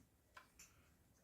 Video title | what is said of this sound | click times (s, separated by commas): Dell Inspiron 3268 desktop disassembel reassemble | You hear the click, and | 0.4 s, 0.6 s